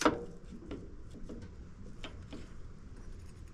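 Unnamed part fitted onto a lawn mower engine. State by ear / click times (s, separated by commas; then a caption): not seated / none. An unnamed part is being worked onto a Craftsman lawn mower engine during a teardown, where it keeps taking a different path into position. A sharp knock opens the clip, followed by fainter taps and clatters at about 0.7, 2.0 and 2.3 seconds over a low background rumble. Nothing has snapped into place yet.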